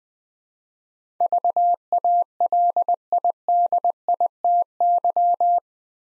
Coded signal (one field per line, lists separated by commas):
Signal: Morse code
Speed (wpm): 20 wpm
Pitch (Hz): 700 Hz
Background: none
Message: VALIDITY